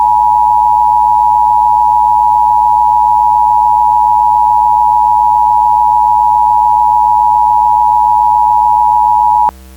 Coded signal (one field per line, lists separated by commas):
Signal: Emergency Alert System (SAME) tones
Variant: 853 and 960 Hz attention tone